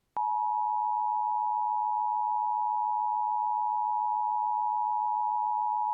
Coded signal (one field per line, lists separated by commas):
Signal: Emergency Alert System (SAME) tones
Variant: 853 and 960 Hz attention tone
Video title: EAS- Lynn County, OR Immideate Evacuation (EVI)